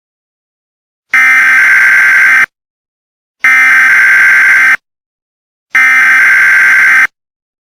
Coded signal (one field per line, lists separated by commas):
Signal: Emergency Alert System (SAME) tones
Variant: header bursts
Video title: "Better off not showing whats inside..." | short emergency alert system Gift for @Void-bq9sd